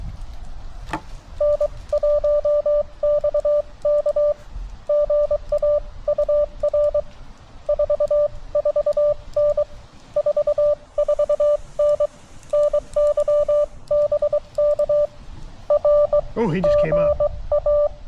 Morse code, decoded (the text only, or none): N1XK GA UR 44N 44N NY BK R GA